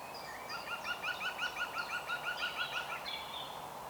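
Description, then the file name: European green woodpecker giving a rapid laughing series of about fourteen even, ringing notes, with faint high bird calls and steady background hiss. "Groene Specht Picus viridis"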